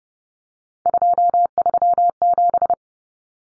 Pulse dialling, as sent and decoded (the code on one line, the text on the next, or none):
none